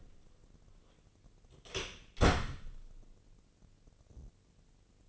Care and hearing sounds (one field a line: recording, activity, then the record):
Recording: daily activity, microphone in the room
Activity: close door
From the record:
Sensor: 4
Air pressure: 1013.2 hPa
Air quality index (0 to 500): 179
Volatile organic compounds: 2 ppm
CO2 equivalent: 1126 ppm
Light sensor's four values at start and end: 97/244/101/107 and 74/180/76/77